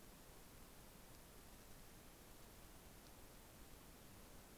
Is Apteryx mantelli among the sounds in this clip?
no